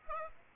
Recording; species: mosquito wingbeat signal from an infrared sensor; Aedes aegypti